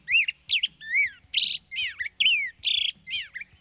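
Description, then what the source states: Black-headed Grosbeak singing a quick, continuous string of rich slurred whistles, some rising and some falling, broken by brief trilled, buzzy phrases. Male singing from a tall alder tree; song likened to that of a drunken or scat-singing robin, with slurred notes and a syncopated feel.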